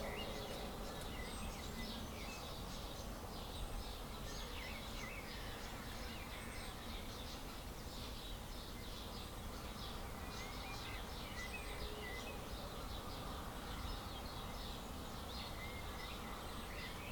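A dawn chorus of many birds calling at once, thin bright chirps and short trills overlapping without pause across the whole clip. Beneath them runs a steady low rumble, and the overall level stays even from start to finish.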